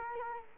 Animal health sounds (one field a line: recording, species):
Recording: mosquito wingbeat signal from an infrared sensor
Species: Culex quinquefasciatus